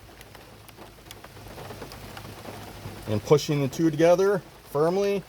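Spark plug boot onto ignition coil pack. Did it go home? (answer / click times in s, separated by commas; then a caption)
no / none. A spring is fitted into the hole of a spark plug boot and the boot is lined up with an ignition coil pack before being pushed firmly onto it. Faint handling ticks come at about 0.2, 1.1, 1.2, 1.9 and 2.2 seconds over a low steady hiss, then someone talks from about 3.1 seconds. Nothing has seated or clicked yet.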